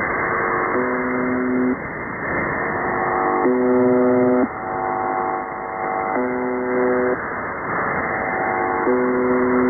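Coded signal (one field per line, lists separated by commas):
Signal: channel marker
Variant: buzzer type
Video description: could that be the reason that they are now are transmitting on 4810 ? : location is apparently near Changdu in China. it looks stronger also as the old MDZhB (Russian: МДЖБ)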